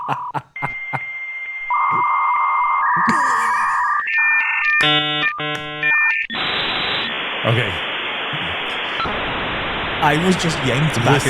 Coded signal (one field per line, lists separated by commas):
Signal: dial-up modem handshake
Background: speech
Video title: The End of Dial-Up Internet & Embracing a Little Cringe | EP 356